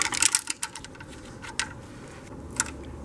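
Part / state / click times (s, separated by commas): Torx bit in a bolt head on the engine / stripped / 1.6 s, 2.6 s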